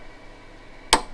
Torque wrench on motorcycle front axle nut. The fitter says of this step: and just make sure it clicks again so the front axle is good